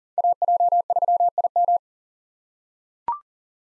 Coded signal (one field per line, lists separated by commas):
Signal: Morse code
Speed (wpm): 40 wpm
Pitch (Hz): 700 Hz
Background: none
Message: AJ3IM